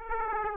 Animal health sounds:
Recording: mosquito wingbeat signal from an infrared sensor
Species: Aedes aegypti

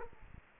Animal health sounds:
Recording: mosquito wingbeat signal from an infrared sensor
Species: Culex quinquefasciatus

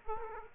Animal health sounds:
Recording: mosquito wingbeat signal from an infrared sensor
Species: Aedes aegypti

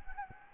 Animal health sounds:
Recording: mosquito wingbeat signal from an infrared sensor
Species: Anopheles gambiae

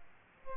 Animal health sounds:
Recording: mosquito wingbeat signal from an infrared sensor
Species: Aedes aegypti

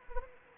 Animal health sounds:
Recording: mosquito wingbeat signal from an infrared sensor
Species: Anopheles arabiensis

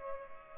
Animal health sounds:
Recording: mosquito wingbeat signal from an infrared sensor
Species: Culex pipiens

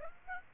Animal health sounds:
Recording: mosquito wingbeat signal from an infrared sensor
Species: Aedes aegypti

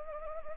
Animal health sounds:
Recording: mosquito wingbeat signal from an infrared sensor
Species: Anopheles arabiensis

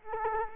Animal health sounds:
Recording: mosquito wingbeat signal from an infrared sensor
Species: Culex quinquefasciatus

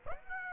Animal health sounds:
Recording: mosquito wingbeat signal from an infrared sensor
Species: Aedes aegypti

